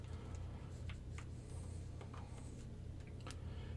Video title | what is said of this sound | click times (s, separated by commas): Breaking the Bat: McFarlane's DC BAF Bane Review Unleashes Brutal Action Figure Power! | you don't hear a pop and guess what look how easily that comes out so i'm not even gonna try the second one | none